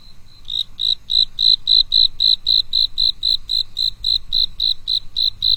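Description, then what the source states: Cricket song: high, pure chirps repeated steadily about three to four times a second, over a low background hum. Solo song of a single cricket on a quiet night.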